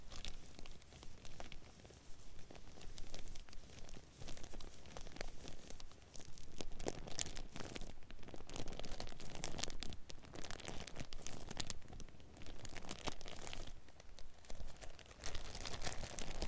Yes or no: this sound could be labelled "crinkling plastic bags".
yes